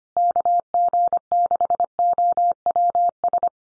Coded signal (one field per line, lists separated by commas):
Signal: Morse code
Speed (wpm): 25 wpm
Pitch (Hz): 700 Hz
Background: none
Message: KG6OWS